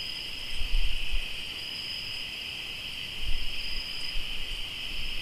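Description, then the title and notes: Crickets chirping in a steady, unbroken high trill with two pitch layers, while low rumbling thumps come and go around the first and third seconds. Crickets recorded in Tlayacapan, Morelos. "Sonidos de grillos en Tlayacapan - Morelos"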